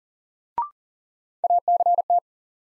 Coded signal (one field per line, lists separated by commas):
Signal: Morse code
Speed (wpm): 40 wpm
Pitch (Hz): 700 Hz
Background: none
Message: ACT